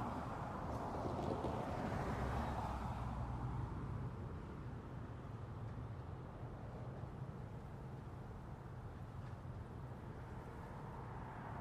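Traffic in an old Western town on a quiet afternoon, heard as a steady low rumble. A vehicle passes in the first three seconds, louder and brighter, then fades into a softer, even hum of engines and wind for the rest.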